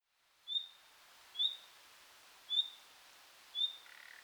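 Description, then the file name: Common nightingale calls: four short, clear whistled notes, roughly one per second, then a brief lower buzzy sound at the end. "Luscinia megarhynchos"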